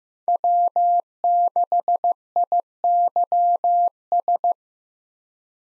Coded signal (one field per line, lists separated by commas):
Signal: Morse code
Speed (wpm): 15 wpm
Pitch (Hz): 700 Hz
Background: none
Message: W6IYS